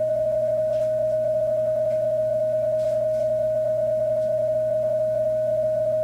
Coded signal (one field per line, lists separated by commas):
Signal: PSK31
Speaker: and i'm using the mixed w software here with the signal link and a ts 50 kenwood transceiver